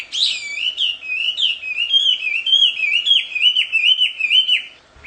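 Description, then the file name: Chinese hwamei song: an unbroken series of loud, varied whistles that dip and rise, sung fast and fluently for about five seconds. Wild bird, singing in its natural habitat. "audio kicauan burung hwamei di alam liar. omkicau"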